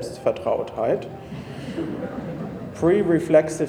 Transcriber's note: laughter